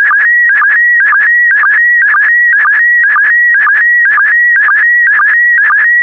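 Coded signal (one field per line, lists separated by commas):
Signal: SSTV (slow-scan television)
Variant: PD120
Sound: steady high warbling tone with rhythmic low blips about twice a second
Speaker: the next image transmission will start in 10 seconds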